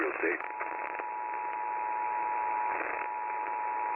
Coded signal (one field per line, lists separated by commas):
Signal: Emergency Alert System (SAME) tones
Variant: 853 and 960 Hz attention tone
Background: speech